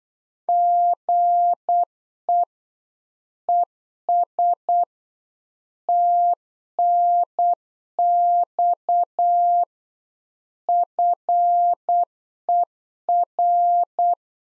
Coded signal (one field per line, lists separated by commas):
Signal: Morse code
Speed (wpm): 8 wpm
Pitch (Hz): 700 Hz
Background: none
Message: GE ES TNX FER